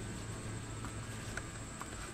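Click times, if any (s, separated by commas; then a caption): 1.4 s, 1.8 s. A new red ignition coil pack is pushed down into the spark plug well of an Audi B5 A4 engine's cylinder head and clicks onto the spark plug. Over a steady low hum, sharp clicks come at 1.4 s and 1.8 s, and the coil pack is seated.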